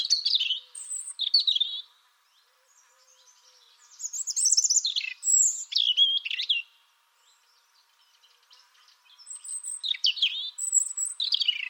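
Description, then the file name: European robin singing three high, warbling phrases separated by pauses of about two seconds, each mixing thin whistles, quick trills and scratchy notes. "Erithacus rubecula"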